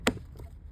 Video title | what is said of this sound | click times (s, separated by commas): University of Cincinnati Car #222 Accumulator Inspection video | This button here you press and you hear nice little click when they go in properly. | 0.1 s